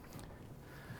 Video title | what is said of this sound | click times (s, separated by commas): Sport Lockrz - Step-by-Step Assembly Process | to get all of these guys locked into place there you just kind of heard it drop into place | 0.2 s